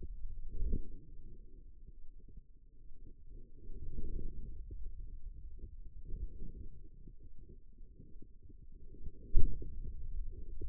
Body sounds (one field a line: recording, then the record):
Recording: forearm muscle sounds (acoustic myography)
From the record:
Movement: pen grasping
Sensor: system 2, bracelet of six BSWA MPA416 microphones around the upper forearm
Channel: 3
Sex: female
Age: 25 years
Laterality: right